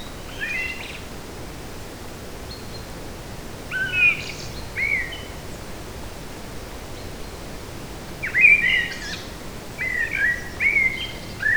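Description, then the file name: Eurasian blackbird giving several brief song phrases, fluted notes with thin high tails, spaced irregularly throughout and rather quiet over constant background hiss. Recorded in a forest on 8 July 2018. "180708 blackbird forest"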